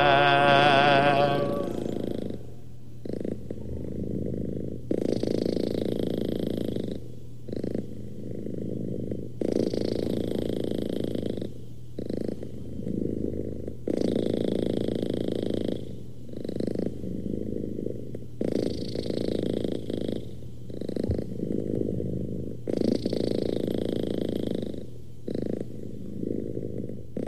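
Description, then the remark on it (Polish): A cat snoring in slow, even cycles, with about six raspy low rumbling breaths repeating every few seconds at a steady moderate level, with no voices. “A to właśnie kot tak chrapie.”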